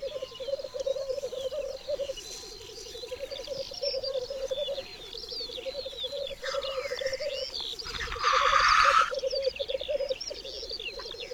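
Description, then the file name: Black grouse giving low bubbling phrases in a rolling series, with a loud hissing burst late on and small birds twittering high above. "Cietrzew"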